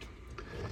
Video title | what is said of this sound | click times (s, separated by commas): Fredd Henry Buddy build final Aoshima Lamborghini Sesto Elemento | is the body part of the body and it clicks into place so it's sitting where it's supposed to | 0.4 s